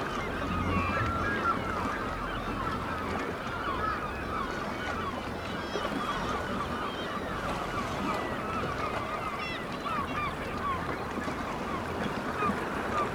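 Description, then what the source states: Black-legged kittiwakes give many overlapping bending cries throughout, a busy colony din over a low rumble. Recorded at Dunbar.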